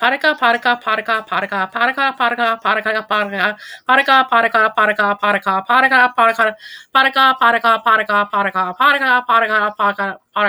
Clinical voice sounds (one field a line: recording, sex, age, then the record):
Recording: repeated syllables /pa ta ka/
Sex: female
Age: 40 to 49 years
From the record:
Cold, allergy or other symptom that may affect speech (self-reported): no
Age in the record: 47 years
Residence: Missouri, United States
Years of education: 16